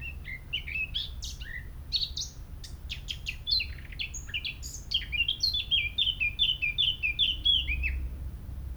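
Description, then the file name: Eurasian blackcap song: a scratchy, varied warble with sharp notes leads into a rich run of fluty, slurred whistles repeated rapidly, over low steady background hum. "Sylvia atricapilla"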